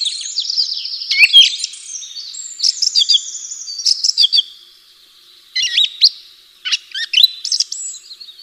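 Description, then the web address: Bird song of high, rapid chirps and twittering trills in bursts, with short pauses near five and six seconds before lively phrases resume. "atelierson sons birds"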